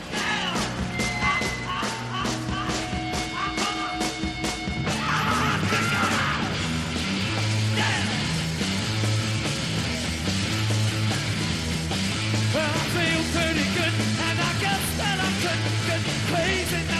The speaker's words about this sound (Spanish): … presentaban su disco … con un grito de guerra: liberad los atascos.